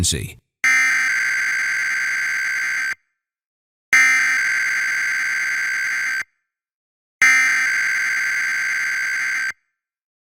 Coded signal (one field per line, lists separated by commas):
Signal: Emergency Alert System (SAME) tones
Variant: header bursts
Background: speech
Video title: Required Weekly Test on WACP-TV [EAS #986-987]